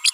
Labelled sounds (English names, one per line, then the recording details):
Green-rumped Parrotlet babbling
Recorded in a nest box in Venezuela
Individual 18B25A4